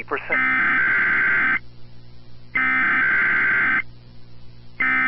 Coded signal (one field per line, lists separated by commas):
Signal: Emergency Alert System (SAME) tones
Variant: header bursts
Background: speech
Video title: EAS Mock 6: Bloxy District Tornado Drill